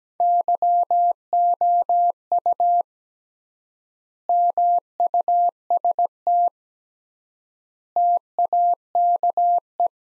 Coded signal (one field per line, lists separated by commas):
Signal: Morse code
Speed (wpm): 17 wpm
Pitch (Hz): 700 Hz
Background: none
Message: YOU MUST TAKE